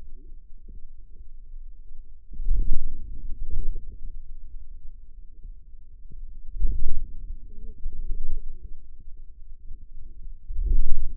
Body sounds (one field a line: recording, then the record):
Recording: forearm muscle sounds (acoustic myography)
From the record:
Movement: ulnar deviation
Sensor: system 2, bracelet of six BSWA MPA416 microphones around the upper forearm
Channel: 6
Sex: female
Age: 21 years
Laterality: right